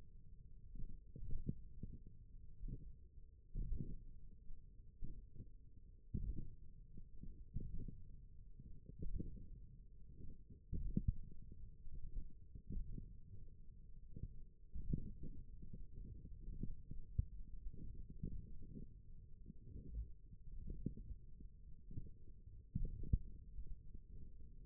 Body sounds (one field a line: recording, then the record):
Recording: forearm muscle sounds (acoustic myography)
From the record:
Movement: thumb flexion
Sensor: system 1, eight BSWA MPA416 microphones around the upper forearm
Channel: 7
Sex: male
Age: 28 years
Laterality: right